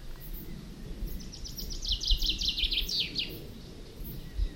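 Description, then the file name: Common chaffinch song, a quick cascade of crisp notes falling in pitch and finishing with an accented flourish, against a hiss of background noise. "Fringilla coelebs"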